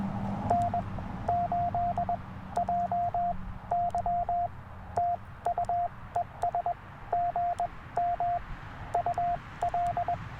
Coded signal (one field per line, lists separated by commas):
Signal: Morse code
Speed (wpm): 20 wpm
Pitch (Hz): 700 Hz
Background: radio noise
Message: N8JY TU ES GM UL